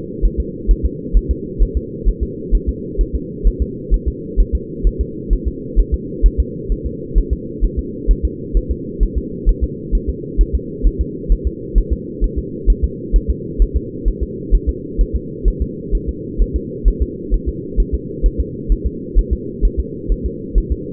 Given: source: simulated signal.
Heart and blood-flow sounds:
fetal heart sounds
0.25 s: S1
0.40 s: S2
0.71 s: S1
0.85 s: S2
1.17 s: S1
1.31 s: S2
1.62 s: S1
1.77 s: S2
2.08 s: S1
2.23 s: S2
2.55 s: S1
2.69 s: S2
3.01 s: S1
3.15 s: S2
3.47 s: S1
3.62 s: S2
3.94 s: S1
4.08 s: S2
4.40 s: S1
4.55 s: S2
4.87 s: S1
5.01 s: S2
5.33 s: S1
5.48 s: S2
5.79 s: S1
5.94 s: S2
6.26 s: S1
6.40 s: S2
6.72 s: S1
6.86 s: S2
7.18 s: S1
7.33 s: S2
7.64 s: S1
7.79 s: S2
8.11 s: S1
8.25 s: S2
8.57 s: S1
8.71 s: S2
9.03 s: S1
9.17 s: S2
9.49 s: S1
9.64 s: S2
9.95 s: S1
10.09 s: S2
10.41 s: S1
10.55 s: S2
10.87 s: S1
11.01 s: S2
11.32 s: S1
11.47 s: S2
11.78 s: S1
11.92 s: S2
12.24 s: S1
12.38 s: S2
12.70 s: S1
12.84 s: S2
13.16 s: S1
13.30 s: S2
13.62 s: S1
13.76 s: S2
14.08 s: S1
14.23 s: S2
14.54 s: S1
14.69 s: S2
15.01 s: S1
15.16 s: S2
15.48 s: S1
15.62 s: S2
15.95 s: S1
16.09 s: S2
16.41 s: S1
16.56 s: S2
16.88 s: S1
17.02 s: S2
17.34 s: S1
17.48 s: S2
17.80 s: S1
17.94 s: S2
18.26 s: S1
18.40 s: S2
18.72 s: S1
18.86 s: S2
19.19 s: S1
19.33 s: S2
19.65 s: S1
19.80 s: S2
20.12 s: S1
20.26 s: S2
20.58 s: S1
20.72 s: S2
From the record:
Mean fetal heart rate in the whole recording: 130 bpm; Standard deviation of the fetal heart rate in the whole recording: 2 bpm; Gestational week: 36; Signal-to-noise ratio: -4.1 dB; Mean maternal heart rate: no maternal heart sound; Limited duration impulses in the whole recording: absent

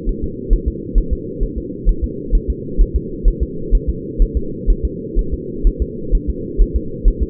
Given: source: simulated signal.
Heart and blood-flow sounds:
fetal heart sounds
0.09 s: S1
0.24 s: S2
0.53 s: S1
0.68 s: S2
0.98 s: S1
1.13 s: S2
1.43 s: S1
1.58 s: S2
1.89 s: S1
2.04 s: S2
2.35 s: S1
2.50 s: S2
2.81 s: S1
2.96 s: S2
3.28 s: S1
3.43 s: S2
3.75 s: S1
3.90 s: S2
4.22 s: S1
4.37 s: S2
4.70 s: S1
4.85 s: S2
5.19 s: S1
5.34 s: S2
5.67 s: S1
5.82 s: S2
6.15 s: S1
6.30 s: S2
6.62 s: S1
6.76 s: S2
7.08 s: S1
7.23 s: S2
From the record:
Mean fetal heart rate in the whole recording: 130 bpm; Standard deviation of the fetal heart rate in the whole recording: 4 bpm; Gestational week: 38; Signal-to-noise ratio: -4.3 dB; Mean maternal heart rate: 72 bpm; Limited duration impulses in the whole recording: absent

